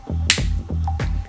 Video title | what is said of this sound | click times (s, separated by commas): Wild Life Park and Photography Playmobil Wild Life and Figurine Playset by Lots of Toys | snaps into place we also have this bag here so let's fit it | 0.3 s